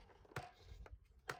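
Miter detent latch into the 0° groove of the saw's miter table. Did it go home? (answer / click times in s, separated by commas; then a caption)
yes / 0.4 s, 1.3 s. On a DEWALT DWS779 miter saw, the front release button is pressed and the miter table slides back until the metal detent latch drops into the groove at 0 degrees. Short metallic taps sound at 0.4 s and 1.3 s, with a fainter tap at 0.9 s in between. The latch locks in place at 0°.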